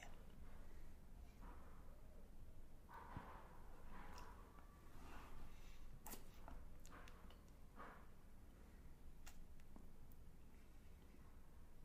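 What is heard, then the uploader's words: Unwrapping and eating a Magnum chocolate: crinkly wrapper rustles and sharp crisp clicks come in bursts over a steady low rumble throughout. Unwrapping and Eating Magnum Chocolate.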